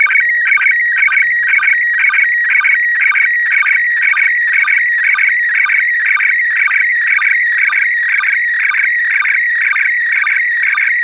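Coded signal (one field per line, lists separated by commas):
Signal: SSTV (slow-scan television)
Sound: continuous warbling tone shifting between pitches, with a regular twice-per-second rhythm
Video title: ARISS SSTV Award Remembering Owen Garriott W5LFL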